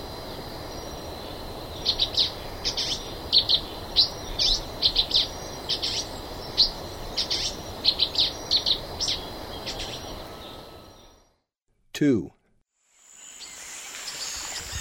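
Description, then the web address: Silver-beaked tanager singing a long run of clipped, metallic high notes in pairs and triplets; the sound drops out near the end. Eastern lowlands of South America. "Natures Songs S America Eastern Lowlands. Silver-beaked Tanager"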